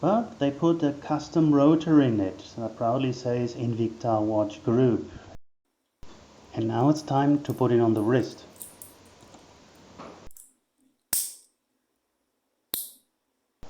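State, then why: Seated. Someone talks while an Invicta ProDiver 8928 OB wristwatch, with a custom rotor marked "Invicta Watch Group", is put on the wrist, followed by brief music. The metal folding clasp of its bracelet then snaps shut with two sharp, very satisfying, slightly expensive-sounding clicks at 11.1 s and 12.7 s, and the clasp is closed.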